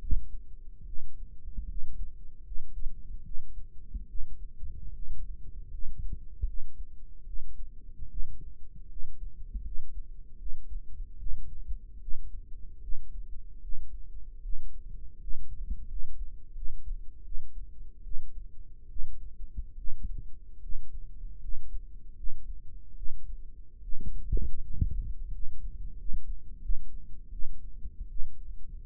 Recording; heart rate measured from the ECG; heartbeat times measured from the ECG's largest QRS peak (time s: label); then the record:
heart sounds by microphone in the right ear; 77 bpm
0.84 s: heartbeat
1.66 s: heartbeat
2.42 s: heartbeat
3.22 s: heartbeat
4.06 s: heartbeat
4.90 s: heartbeat
5.69 s: heartbeat
6.44 s: heartbeat
7.24 s: heartbeat
8.08 s: heartbeat
8.87 s: heartbeat
9.62 s: heartbeat
10.37 s: heartbeat
11.17 s: heartbeat
11.99 s: heartbeat
12.80 s: heartbeat
13.60 s: heartbeat
14.41 s: heartbeat
15.18 s: heartbeat
15.86 s: heartbeat
16.53 s: heartbeat
17.23 s: heartbeat
18.02 s: heartbeat
18.87 s: heartbeat
19.75 s: heartbeat
20.60 s: heartbeat
21.39 s: heartbeat
22.14 s: heartbeat
22.94 s: heartbeat
23.80 s: heartbeat
24.61 s: heartbeat
25.30 s: heartbeat
25.96 s: heartbeat
26.60 s: heartbeat
27.30 s: heartbeat
28.08 s: heartbeat
From the record:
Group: healthy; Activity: rest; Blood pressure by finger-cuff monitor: 107/58 mmHg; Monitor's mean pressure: 75 mmHg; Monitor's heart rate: 75 bpm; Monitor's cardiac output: 7.1 L/min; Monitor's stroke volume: 94 mL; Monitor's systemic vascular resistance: 750 dyn s/cm5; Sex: female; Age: 22 years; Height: 160 cm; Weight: 63 kg